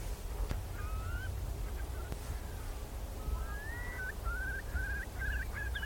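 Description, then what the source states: Curlew song: slurred upward whistles, then quickening bubbling trills rising in pitch near the end, with a low continuous rumble beneath. Curlews recorded in flight over a salt marsh at dusk.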